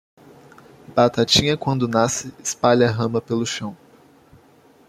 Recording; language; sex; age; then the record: short text; Brazilian Portuguese; male; 18 to 19 years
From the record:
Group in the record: control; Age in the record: 19 years